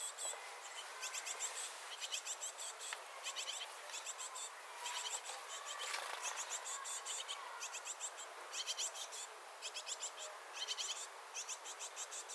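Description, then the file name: Great tit singing steadily, a long sequence of bright, rhythmic repeated note pairs in bursts of about a second, over constant background hiss. "Parus major"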